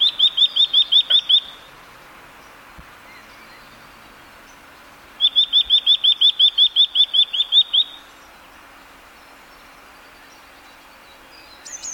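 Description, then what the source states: Eurasian nuthatch giving rapid bursts of loud, even piping notes, a short run at the start and a longer one midway, with quiet pauses between. Subspecies caesia.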